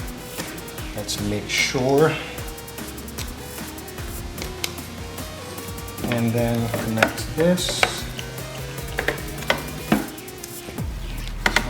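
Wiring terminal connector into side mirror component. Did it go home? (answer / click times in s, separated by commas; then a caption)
yes / 11.5 s. During an Audi S5 side mirror upgrade, a mirror wiring terminal connector is connected and pushed home into the side mirror component while someone talks over background music. Small handling taps and clicks sound throughout, and the connector snaps into place with a sharp click at 11.5 s, seated.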